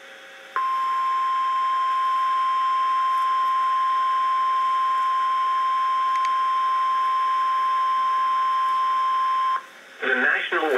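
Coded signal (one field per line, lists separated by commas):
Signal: Emergency Alert System (SAME) tones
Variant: 1050 Hz attention tone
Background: speech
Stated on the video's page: Flash flood warning SAME tones for three Texas counties, heard on NOAA weather radio transmitters.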